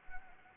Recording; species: mosquito wingbeat signal from an infrared sensor; Anopheles arabiensis